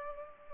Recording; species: mosquito wingbeat signal from an infrared sensor; Culex pipiens